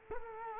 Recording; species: mosquito wingbeat signal from an infrared sensor; Culex quinquefasciatus